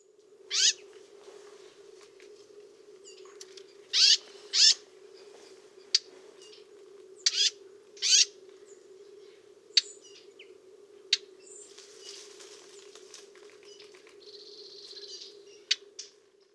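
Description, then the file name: Eurasian blackcap giving hard, dry tacking clicks at irregular intervals over a steady low hum, with a short buzzy note near the end. "Sylvia atricapilla"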